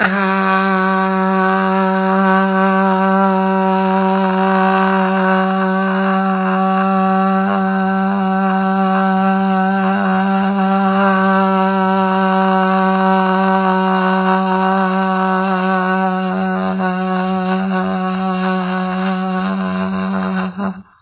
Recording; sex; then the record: sustained vowel /a/; female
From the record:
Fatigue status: fatigue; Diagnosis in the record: COVID-19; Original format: 3gp